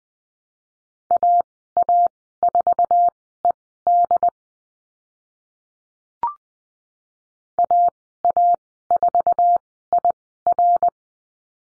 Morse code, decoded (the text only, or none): AA4ED AA4IR